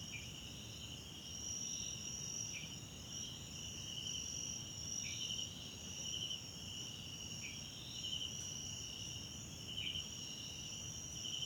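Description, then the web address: Crickets in a constant high-pitched chorus, with recurring bursts of pulsed chirps and brief dipping notes over low rumble. Background crickets at night in a wetland park at Kosi Forest Lodge, South Africa. "Tonschliff - SOUTH AFRICAN CRICKETS BG South Africa Wetland Park Kosi Forest Lodge Night"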